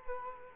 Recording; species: mosquito wingbeat signal from an infrared sensor; Culex quinquefasciatus